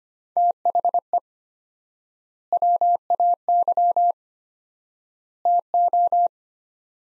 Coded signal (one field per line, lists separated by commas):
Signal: Morse code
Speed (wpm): 25 wpm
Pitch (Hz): 700 Hz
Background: none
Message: THE WAY TO